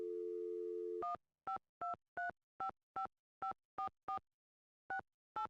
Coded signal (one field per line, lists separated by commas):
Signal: DTMF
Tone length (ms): 110 ms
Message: 152355544 68